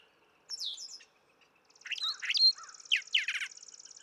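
Brown thrasher song with a buzzy trill running beneath jumbled slurred whistles and harsh chattering notes, somewhat quieter and blended.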